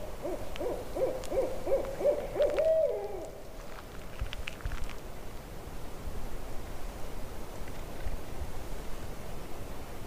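Owl hooting in a fast run of short notes for about three seconds, ending in a brief drawn-out note, followed by steady low rumbling background noise.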